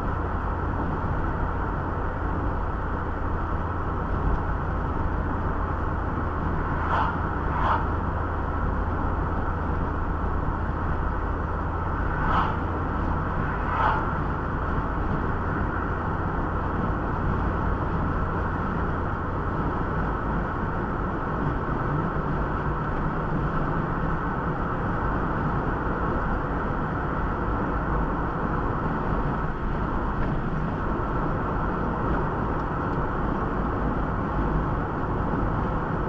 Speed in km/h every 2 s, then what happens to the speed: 80, 79, 79, 76, 76, 75, 81, 82, 82, 82, 82, 83, 85, 85, 85, 85, 85, 85.
0-10 steady at about 76. 10-13 speeds up to 82. 13-36 steady at about 85.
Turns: none.